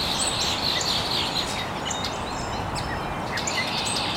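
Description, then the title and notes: Birds chirping, bright twittering at the start then sparser high notes, all under a strong constant hiss. Birds chirping very early in the morning in an estuary. "Birds Chirping in the Early Morning. Original sounds of birds chirping very early in the morning in an estuary"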